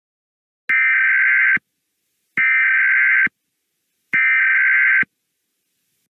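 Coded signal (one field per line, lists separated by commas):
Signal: Emergency Alert System (SAME) tones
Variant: header bursts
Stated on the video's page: Fictional EAS scenario, remastered in higher quality.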